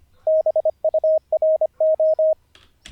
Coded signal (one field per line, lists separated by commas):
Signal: Morse code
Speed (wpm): 25 wpm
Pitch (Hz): 630 Hz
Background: radio noise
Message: BURO